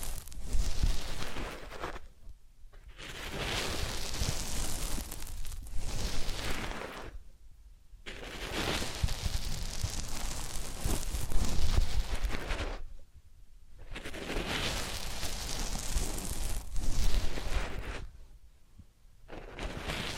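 Massage and ear-cleaning sounds: dense, scratchy rubbing in long strokes, each broken by a brief pause roughly every five seconds.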